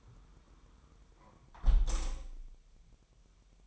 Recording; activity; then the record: daily activity, microphone in the room; close window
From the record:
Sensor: 1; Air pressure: 999.9 hPa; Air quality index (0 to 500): 237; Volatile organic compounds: 107 ppm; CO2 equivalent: 3800 ppm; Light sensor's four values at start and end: 11/27/11/12 and 10/26/10/11